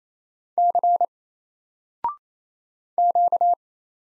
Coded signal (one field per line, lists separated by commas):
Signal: Morse code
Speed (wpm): 27 wpm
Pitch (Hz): 700 Hz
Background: none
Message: C Q